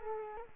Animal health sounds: mosquito wingbeat signal from an infrared sensor; Culex quinquefasciatus

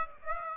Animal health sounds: mosquito wingbeat signal from an infrared sensor; Aedes aegypti

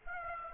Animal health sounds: mosquito wingbeat signal from an infrared sensor; Aedes aegypti

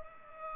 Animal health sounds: mosquito wingbeat signal from an infrared sensor; Aedes aegypti

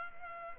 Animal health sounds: mosquito wingbeat signal from an infrared sensor; Culex pipiens

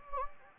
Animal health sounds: mosquito wingbeat signal from an infrared sensor; Anopheles gambiae

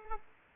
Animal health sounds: mosquito wingbeat signal from an infrared sensor; Aedes aegypti

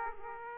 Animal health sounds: mosquito wingbeat signal from an infrared sensor; Aedes aegypti

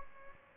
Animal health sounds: mosquito wingbeat signal from an infrared sensor; Aedes albopictus

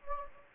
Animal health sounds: mosquito wingbeat signal from an infrared sensor; Anopheles gambiae

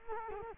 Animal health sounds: mosquito wingbeat signal from an infrared sensor; Culex quinquefasciatus

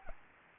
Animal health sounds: mosquito wingbeat signal from an infrared sensor; Anopheles gambiae

